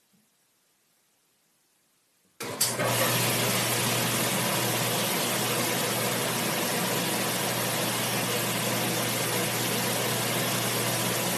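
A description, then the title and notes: A washing machine sits silent for about two seconds, then starts abruptly with a click and surges into a loud, steady whir. A constant low motor hum runs beneath a dense hiss of rushing water that holds even through the rest of the clip. Washing Machine | ASMR RELAX SLEEP MEDITATION.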